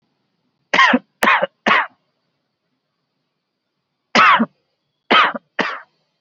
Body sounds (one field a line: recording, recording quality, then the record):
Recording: shallow voluntary cough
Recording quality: excellent, no background noise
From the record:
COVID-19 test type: RT-PCR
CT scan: not taken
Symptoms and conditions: diabetes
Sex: male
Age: 34 years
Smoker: no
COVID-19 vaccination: both doses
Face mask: worn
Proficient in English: yes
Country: India